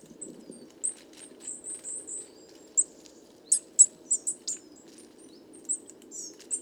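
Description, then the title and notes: Coal tit calls: scattered high, thin seeps and short slurred notes, with soft low rumbling beneath. Foraging flock of over 50 coal tits; 29 September 2019, evening, Drôme, France; recorded in mono with a parabolic microphone; heavy handling noise. "Ronde de mésange noire. 29 septembre 2019-Les Casses - Drôme"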